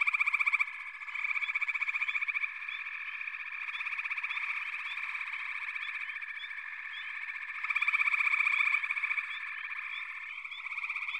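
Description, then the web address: Frog chorus, overlapping trills that swell into loud pulsed bursts at the start and again near the end over a continuous drone. "Echoes of Nature - Frog Chorus"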